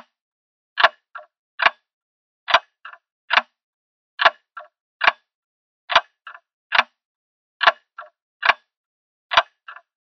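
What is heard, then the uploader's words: A grandfather clock ticks steadily, each sharp bright tick followed by a softer tock, repeating evenly about once a second in silence. The calming sounds of a grandfather clock ticking, as its pendulum swings back and forth.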